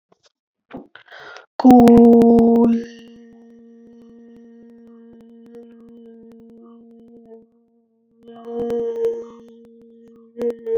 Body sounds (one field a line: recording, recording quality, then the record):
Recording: sustained vowel as in boot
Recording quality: moderate, slight background noise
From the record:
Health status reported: healthy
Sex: female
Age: 33 years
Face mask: not worn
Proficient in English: yes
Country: India